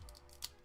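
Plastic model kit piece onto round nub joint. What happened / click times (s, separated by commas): The plastic part snapped fully onto its joint / 0.4 s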